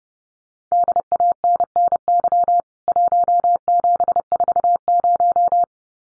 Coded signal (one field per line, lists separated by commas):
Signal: Morse code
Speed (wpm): 30 wpm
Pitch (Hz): 700 Hz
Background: none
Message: DANNY 1740